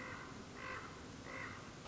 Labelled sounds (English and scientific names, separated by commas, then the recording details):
Common Raven (Corvus corax)
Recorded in Sonoma County, California